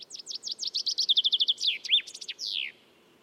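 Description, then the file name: Common chaffinch song: a rapid series of high chirping notes speeding into a descending trill, closing with a brief downward-sweeping flourish, in a quiet background. "Fringilla coelebs"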